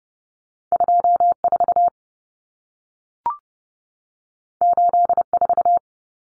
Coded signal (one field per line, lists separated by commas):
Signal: Morse code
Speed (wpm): 30 wpm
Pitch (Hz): 700 Hz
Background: none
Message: 24 84